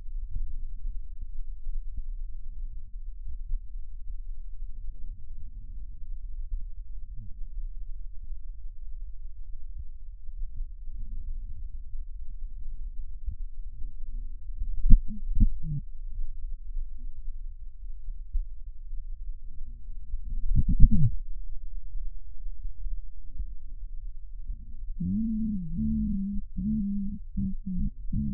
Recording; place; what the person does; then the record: lung sounds by stethoscope; right posterior apical chest; quiet breathing, then cough and speech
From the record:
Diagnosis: COPD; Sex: female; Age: 72 years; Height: 156 cm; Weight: 72 kg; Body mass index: 29.6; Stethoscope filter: bell mode